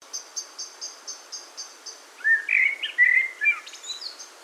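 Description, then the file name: Common blackbird song phrase, a short mellow warbling run at mid pitch, with steady high rhythmic insect pulses before and after. "Turdus merula"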